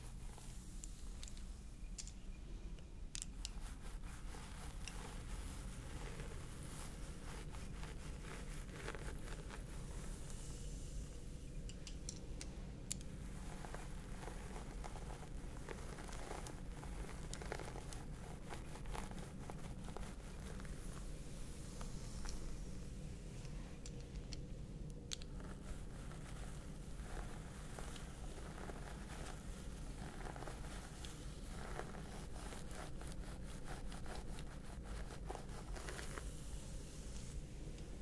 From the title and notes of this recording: ASMR Stress Relieving Scalp Massage ASMR.